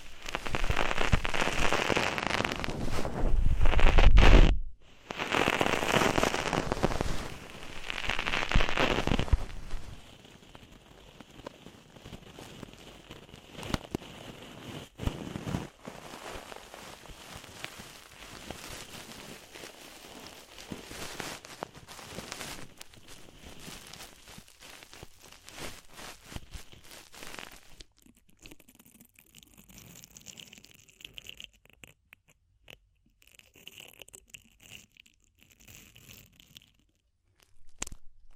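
Ear-cleaning sounds open with loud, dense scratchy rubbing bursts for ten seconds, then settle into quieter, sparse crackles and soft taps.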